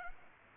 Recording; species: mosquito wingbeat signal from an infrared sensor; Culex pipiens